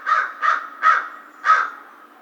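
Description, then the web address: American crow with four coarse caws, three quickly repeated and a fourth after a short pause. Recorded 2 March 2010. "Crow 2010 03 02 American Crow"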